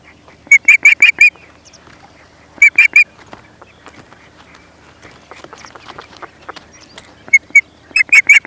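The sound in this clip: Osprey uttering clipped groups of two to five high whistled notes, separated by quiet gaps.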